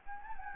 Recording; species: mosquito wingbeat signal from an infrared sensor; Anopheles gambiae